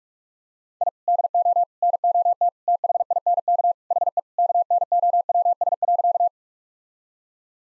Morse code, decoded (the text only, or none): I DO NOT THINK HE KNOWS.